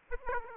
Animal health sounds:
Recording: mosquito wingbeat signal from an infrared sensor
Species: Aedes aegypti

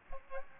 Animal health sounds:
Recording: mosquito wingbeat signal from an infrared sensor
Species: Aedes aegypti

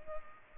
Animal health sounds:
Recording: mosquito wingbeat signal from an infrared sensor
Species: Culex pipiens

